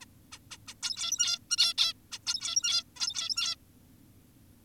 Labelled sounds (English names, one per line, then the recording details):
Zebra Finch
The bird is an adult
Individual g17y2U